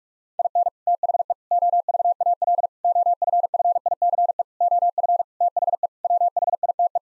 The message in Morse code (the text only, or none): IN THE OVAL OFFICE OF THE WHITE